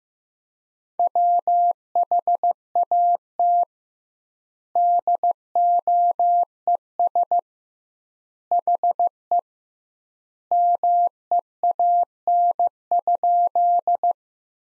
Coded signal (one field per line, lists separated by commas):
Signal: Morse code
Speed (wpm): 15 wpm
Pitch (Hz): 700 Hz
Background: none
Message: WHAT DOES HE MEAN?